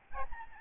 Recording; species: mosquito wingbeat signal from an infrared sensor; Aedes albopictus